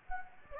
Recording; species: mosquito wingbeat signal from an infrared sensor; Anopheles gambiae